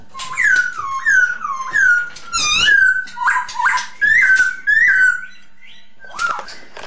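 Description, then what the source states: Masked laughingthrush song of repeated slurred whistles, each rising sharply then falling, with short harsh notes between them. Lure song (suara pancingan) of the poksay hongkong.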